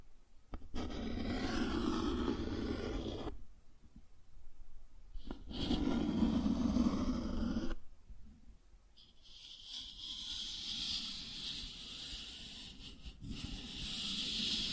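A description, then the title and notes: Cardboard is scratched and rubbed in rough, grainy bursts, first from about 1 to 3 seconds, then again around 4 to 7, with sharp cracks at the edges of each stroke. After a pause, a long hissing drag begins near 9 seconds and runs to the end, steadier and brighter. Cardboard Scratching, Tracing, Tearing.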